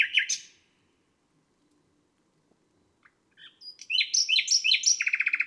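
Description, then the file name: Common nightingale song: a brief harsh phrase, a quiet gap, then quick rising notes that run into a fast churring trill. "Rossignol philomele"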